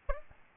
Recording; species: mosquito wingbeat signal from an infrared sensor; Aedes albopictus